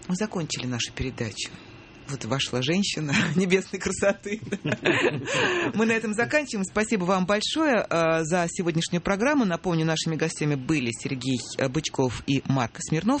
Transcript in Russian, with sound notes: Мы закончили нашу передачу. Вот, вошла женщина небесной красоты. (все смеются) Мы на этом заканчиваем, спасибо вам большое за сегодняшнюю программу. Напомню, нашими гостями были Сергей Бычков и Марк Смирнов.